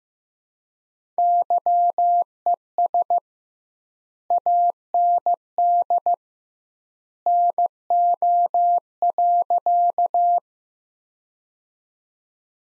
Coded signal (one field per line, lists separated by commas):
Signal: Morse code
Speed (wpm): 15 wpm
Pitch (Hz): 700 Hz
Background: none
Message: YES AND NO.